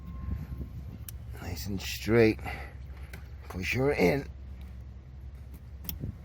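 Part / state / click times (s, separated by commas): heater hose quick-connect coupling onto the heater core pipe / seated / 5.9 s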